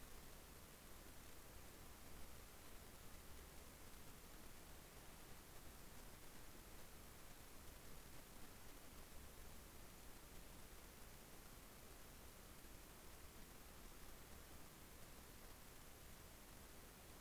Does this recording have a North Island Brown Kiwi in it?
no